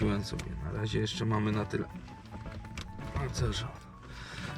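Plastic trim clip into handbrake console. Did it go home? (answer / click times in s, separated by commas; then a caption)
yes / 2.8 s. Someone talks over background music while pushing the plastic trim into the handbrake console of a 2004 Renault Laguna II during a handbrake lever boot replacement, after earlier trouble getting it to snap shut. At 2.8 s a sharp snap is heard as the plastic trim clip seats in the console.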